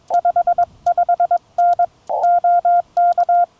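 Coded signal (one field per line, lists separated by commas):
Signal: Morse code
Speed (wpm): 22 wpm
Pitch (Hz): 690 Hz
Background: none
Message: 55N OK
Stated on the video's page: CW park activation pile-up in gusty wind and rough conditions, FT-891 keyed with a paddle into an end-fed half-wave sloper; mostly 20m, some 15m DX.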